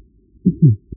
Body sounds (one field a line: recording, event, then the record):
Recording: neck accelerometer signal played as sound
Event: voluntary cough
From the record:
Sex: female